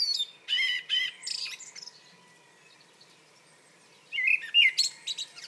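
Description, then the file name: Common blackbird song in two bursts: warbled notes near the start, a pause of about two seconds, then another twittering burst toward the end. "Turdus merula"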